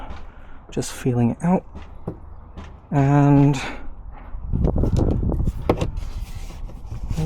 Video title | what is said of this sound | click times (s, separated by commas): BRZ Facelift JDM DRL Install without removing the bumper (POV) | And there we go. Nice click sound. | 5.7 s